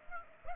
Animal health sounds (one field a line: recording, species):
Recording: mosquito wingbeat signal from an infrared sensor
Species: Aedes aegypti